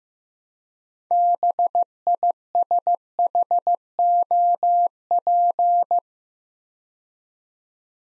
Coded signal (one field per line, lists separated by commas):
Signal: Morse code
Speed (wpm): 15 wpm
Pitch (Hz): 700 Hz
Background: none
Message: BISHOP